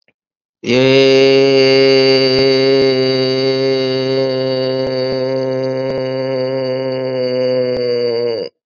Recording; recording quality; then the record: sustained vowel as in made; excellent, no background noise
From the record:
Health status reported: COVID-19 positive, mild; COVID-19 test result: positive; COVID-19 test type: RT-PCR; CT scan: not taken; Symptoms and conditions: cough, fever, muscle pain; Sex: male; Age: 50 years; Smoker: no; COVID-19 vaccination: both doses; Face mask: not worn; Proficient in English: no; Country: India